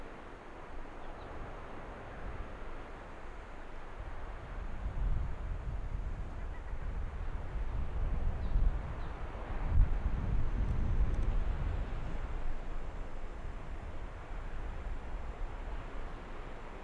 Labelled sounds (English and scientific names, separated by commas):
Arctic Fox (Vulpes lagopus)